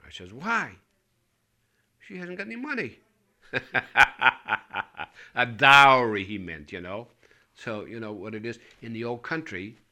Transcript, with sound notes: I says, "Why?" "She hasn't got any money." ( he laughs ) A dowry, he meant, you know. You know what it is, in the old country